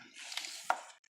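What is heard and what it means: The cam-out lead from a Lingenfelter TRG-002 trigger module is pushed into the cam sensor harness connector in an engine bay. Soft squishy rustling of plastic handling runs throughout, with a sharp snap at 0.7 s as the connector seats. A faint tick follows just after 1.0 s, then silence, with the connector plugged in.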